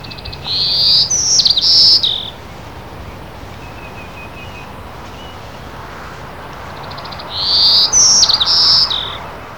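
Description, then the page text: Golden-cheeked warbler singing two high, buzzy, wheezy phrases about seven seconds apart, each ending in a lower buzz, with quiet hiss between. "Golden-cheeked Warbler. Audio (G. Lasley)"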